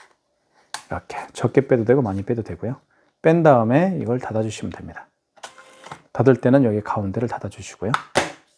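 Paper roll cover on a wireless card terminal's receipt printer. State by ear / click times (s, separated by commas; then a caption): not seated / none. Someone talks while handling the plastic paper-compartment cover on the receipt printer of a KCP-P4100Q wireless card terminal for Kakao Pay, after loading a new paper roll and pulling its end out. A few faint handling sounds come around 5.4–5.9 s as the center of the cover is about to be pressed shut. Nothing has snapped closed or seated yet.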